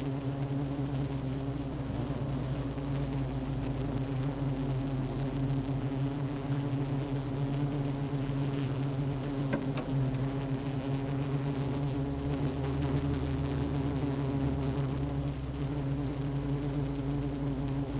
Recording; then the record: honeybee colony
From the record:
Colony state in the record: active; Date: 12 June 2018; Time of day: 10:00